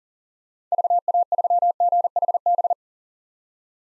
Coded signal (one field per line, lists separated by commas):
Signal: Morse code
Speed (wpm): 40 wpm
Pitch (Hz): 700 Hz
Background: none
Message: VA3GHB